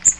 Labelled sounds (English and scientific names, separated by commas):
Magnolia Warbler (Setophaga magnolia) flight call